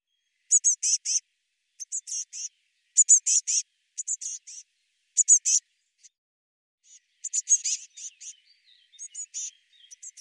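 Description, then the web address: Eurasian blue tit giving several bursts of sharp, high notes, softer and more scattered near the end. "cianscape birddata Deverinetal 2025 File cleaned normalized Bird Cy Ca"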